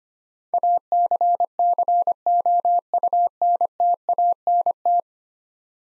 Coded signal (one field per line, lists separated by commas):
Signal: Morse code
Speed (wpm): 25 wpm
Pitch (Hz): 700 Hz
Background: none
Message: ACCOUNTANT